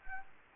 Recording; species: mosquito wingbeat signal from an infrared sensor; Anopheles gambiae